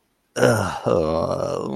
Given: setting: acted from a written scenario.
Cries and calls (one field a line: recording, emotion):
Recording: vocal sound without words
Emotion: embarrassment